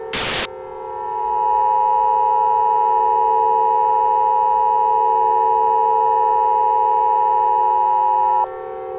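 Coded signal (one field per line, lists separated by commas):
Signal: Emergency Alert System (SAME) tones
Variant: 853 and 960 Hz attention tone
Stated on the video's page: Fictional disease outbreak scenario using valid tones.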